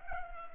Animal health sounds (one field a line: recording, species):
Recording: mosquito wingbeat signal from an infrared sensor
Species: Culex pipiens